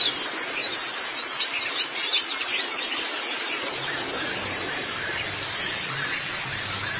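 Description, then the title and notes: White-eye song: thin, high twittering phrases with rapid overlapping chirps, louder bursts in the first seconds, then a steady dense chatter. "Kicauan Burung Pleci Durasi Panjang. Suara kicauan burung pleci"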